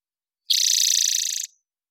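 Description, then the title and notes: Spotted towhee song: one loud, even, rapidly pulsed buzzing trill of about a second, starting sharply and ending abruptly. Recorded in the Pacific Northwest, Washington, United States, with a parabolic microphone; clean-processed for clarity with natural pace and rhythm kept. "BIRDSong New World Sparrows - Spotted Towhee Song. Spotted Towhee, Pipilo maculatus, parabolic recording. Recorded in the beautiful Pacific Northwest, Washington, United States"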